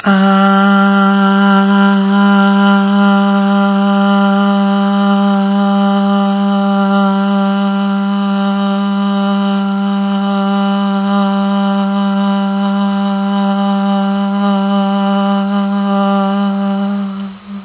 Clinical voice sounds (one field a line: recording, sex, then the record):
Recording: sustained vowel /a/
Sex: female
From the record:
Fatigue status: fatigue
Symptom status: symptomatic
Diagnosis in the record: COVID-19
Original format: 3gp